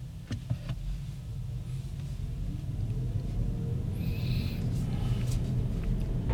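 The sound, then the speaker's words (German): An electric car drives onto the A4 motorway at the Olpe junction toward Cologne, Germany, at about 70 km/h, a steady low road rumble and tyre hum that swells slightly as it speeds up, with a few faint clicks and a brief high whine midway. “Autobahnauffahrt Olpe auf die A4 Richtung Köln. Ich fahre gerade 70.”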